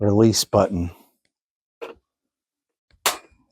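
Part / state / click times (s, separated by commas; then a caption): vacuum attachment into stick vacuum / seated / 3.1 s. Someone talks briefly as a plastic attachment with a release button is fitted onto a Riccar R65 cordless stick vacuum, with a faint handling sound near 1.8 s. A sharp, loud click at 3.1 s marks the attachment seating into place on the vacuum.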